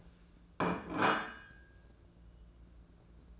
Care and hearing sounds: daily activity, microphone in the room; place plate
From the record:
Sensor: 2

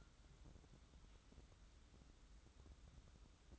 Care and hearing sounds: daily activity, microphone in the room; take from stove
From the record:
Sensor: 3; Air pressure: 994.4 hPa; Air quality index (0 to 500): 211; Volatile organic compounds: 1000 ppm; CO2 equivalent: 7031 ppm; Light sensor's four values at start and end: 197/473/199/197 and 197/473/199/197

